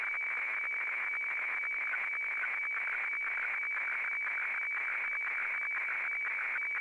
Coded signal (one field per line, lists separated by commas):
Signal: weather fax (radiofax)